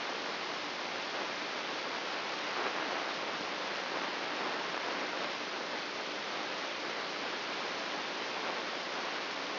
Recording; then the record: brain microelectrode recording played as sound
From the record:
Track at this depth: outside the subthalamic nucleus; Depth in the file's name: 9.104 mm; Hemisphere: left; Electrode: 3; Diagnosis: Parkinson's disease